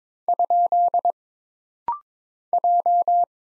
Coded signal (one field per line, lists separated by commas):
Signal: Morse code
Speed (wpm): 22 wpm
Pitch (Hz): 700 Hz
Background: none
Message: ? J